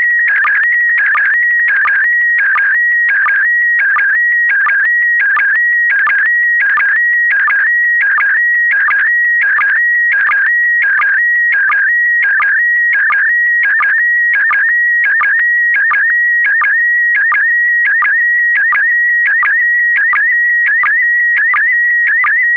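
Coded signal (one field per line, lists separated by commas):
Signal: SSTV (slow-scan television)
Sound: steady whistling tone near 1.9 kHz, broken by short regular chirps dipping lower, repeating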